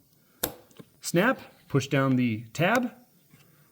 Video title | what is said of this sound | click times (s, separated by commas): How to Change an Air filter in Chevy Trailblazer. 2003 to 2009 Chevy Trailblazer, GMC, Bravada. | You're going to put your sensor cap back on. Snap, | 0.4 s